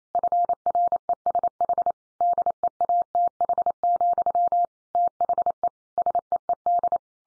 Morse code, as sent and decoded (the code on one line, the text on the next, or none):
..-. .-. . ... .... / -.. . .- - .... --..-- / - .... . / ... . . -..
FRESH DEATH, THE SEED